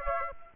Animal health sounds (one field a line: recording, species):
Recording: mosquito wingbeat signal from an infrared sensor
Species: Aedes aegypti